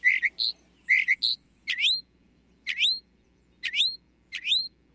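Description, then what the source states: Northern Mockingbird song: a few sharp whistled notes, then a series of clear rising upslurred whistles repeated roughly every second. Song includes mimicry of other species such as a tree frog; scientists think females might find the mimicry attractive.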